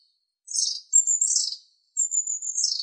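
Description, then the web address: Long-tailed tit calls: three bursts of very high, thin, rapid trilled notes with short sliding whistles between them, in a quiet background. "Aegithalos caudatus"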